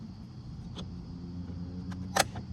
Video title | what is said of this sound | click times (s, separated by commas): EGO Power+ 56V Weedwacker Unboxing & Review - Powerload String Trimmer Test 2025 | Yep, heard it click like so. | 2.2 s